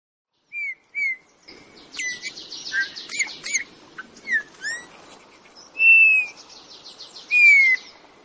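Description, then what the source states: Eurasian bullfinch soft, plaintive piping whistles, short descending notes repeated a few times, with busier twittering between them. Played recording; soft, gentle, faint call that sounds distant even up close; hearing the first bullfinches signals that autumn has come.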